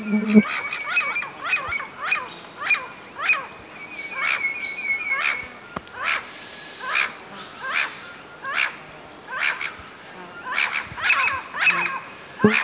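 Bird calls, short descending chattering notes repeated irregularly throughout, with a brief buzzy trill near four seconds and constant high-pitched background hiss.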